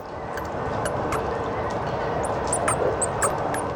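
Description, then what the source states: Mexican free-tailed bat social calls: scattered thin, high squeaks over a steady wash of background noise. Audible social calls at a roost under a Central Valley bridge, California, during little activity; calls mean things like 'hello, how are you' or 'get out of my way'; very social species.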